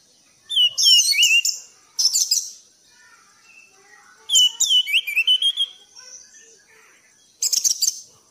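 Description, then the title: Thrush song in four energetic bursts of rippling, high whistled notes and fast trills with short quiet spells between. Masteran song in the 'gacor teler' style, used for training pet birds. "anis gacor teler"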